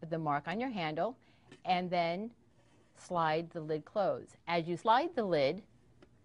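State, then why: Not seated. A woman talks while a Fagor Futuro stainless steel pressure cooker lid is lined up with the mark on its handle and slid closed. Only speech is heard; the lid has not yet locked and nothing has clicked into place by the end of the clip.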